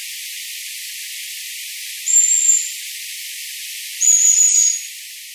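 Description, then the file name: Long-tailed tit calls: two high, thin, drawn-out whistled notes about two seconds apart, the second slightly longer, with steady background hiss. "enaga"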